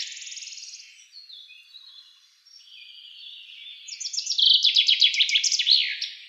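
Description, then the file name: Common chaffinch song, a fading trill at first, then a loud series of rapid notes ending in a flourish, with quieter bird calls in the background. "Fringilla coelebs"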